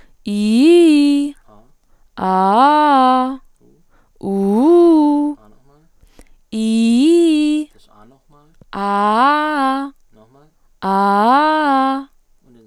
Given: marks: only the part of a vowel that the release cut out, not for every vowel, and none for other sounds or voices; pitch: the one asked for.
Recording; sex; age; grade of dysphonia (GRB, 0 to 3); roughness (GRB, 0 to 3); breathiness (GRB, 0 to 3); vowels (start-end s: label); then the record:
sustained vowels; female; 20 to 29 years; 0; 0; 0
0.32-1.22 s: vowel /i/, low-high-low pitch
4.30-5.26 s: vowel /u/, low-high-low pitch
10.91-11.91 s: vowel /a/, low-high-low pitch
From the record:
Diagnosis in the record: healthy voice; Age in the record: 23 years